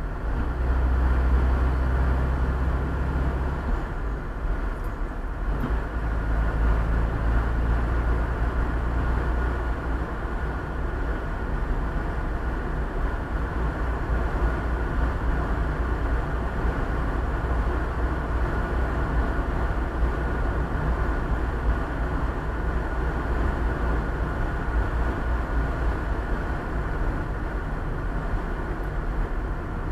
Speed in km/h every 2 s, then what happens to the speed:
50, 53, 52, 55, 57, 58, 57, 59, 59, 59, 59, 58, 57, 55, 54.
0-15 speeds up to 59. 15-30 steady at about 58.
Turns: none.